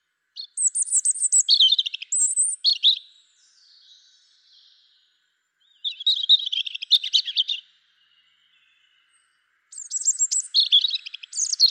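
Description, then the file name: European robin song: three high, tumbling phrases of thin whistles and rapid trills, separated by pauses of a couple of seconds, in an otherwise quiet setting. "Erithacus rubecula"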